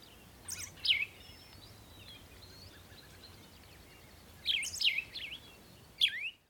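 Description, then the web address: Bird song, brief clusters of sharp falling whistled notes near one, five and six seconds, over faint background hiss. Morning birdsong. "morning birds singing"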